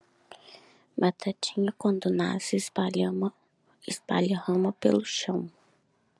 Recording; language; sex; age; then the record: short text; Brazilian Portuguese; female; 20 to 29 years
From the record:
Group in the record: control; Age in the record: 25 years